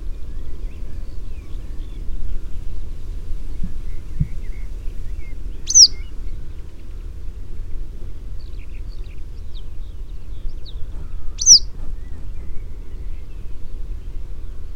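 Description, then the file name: Yellow wagtail with two high, sharp call notes roughly six seconds apart, faint scattered chirps, and a steady low rumble. British subspecies. "Engelse Gele Kwikstaart"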